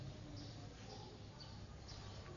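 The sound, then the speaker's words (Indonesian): Birds chirp softly outside, short high-pitched calls repeating about every half second over a steady low background hum, with no voices. “Antum lihat suara burung itu.”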